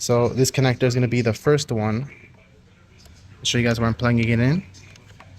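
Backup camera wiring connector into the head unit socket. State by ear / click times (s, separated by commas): seated / 5.0 s, 5.2 s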